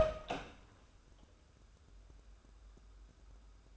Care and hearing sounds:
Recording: daily activity, microphone in the room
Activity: open door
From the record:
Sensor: 2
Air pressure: 1015.1 hPa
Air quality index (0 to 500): 174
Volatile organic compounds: 11 ppm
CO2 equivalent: 2270 ppm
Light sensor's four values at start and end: 13/35/14/16 and 13/36/14/16

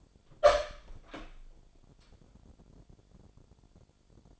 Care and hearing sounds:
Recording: daily activity, microphone in the room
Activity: open door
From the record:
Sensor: 5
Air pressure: 1007.4 hPa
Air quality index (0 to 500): 161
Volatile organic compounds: 4 ppm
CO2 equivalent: 1545 ppm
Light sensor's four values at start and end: 58/163/63/64 and 57/162/63/63

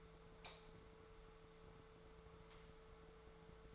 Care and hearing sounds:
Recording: daily activity, microphone in the room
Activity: light on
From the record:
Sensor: 3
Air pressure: 1014.7 hPa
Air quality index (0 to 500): 192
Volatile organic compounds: 23 ppm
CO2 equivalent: 2795 ppm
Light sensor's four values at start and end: 41/102/44/47 and 43/111/47/50

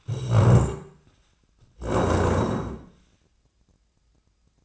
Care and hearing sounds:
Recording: daily activity, microphone in the room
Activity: stand up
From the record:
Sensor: 2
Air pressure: 1012.1 hPa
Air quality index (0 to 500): 158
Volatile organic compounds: 2 ppm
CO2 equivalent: 1160 ppm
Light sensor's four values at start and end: 70/161/73/85 and 48/117/52/60

